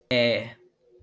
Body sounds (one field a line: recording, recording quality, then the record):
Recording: sustained vowel as in made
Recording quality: excellent, no background noise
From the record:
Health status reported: healthy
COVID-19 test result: not tested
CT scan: not taken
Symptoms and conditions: none ticked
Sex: male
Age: 23 years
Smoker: no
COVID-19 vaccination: both doses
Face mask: not worn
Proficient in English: yes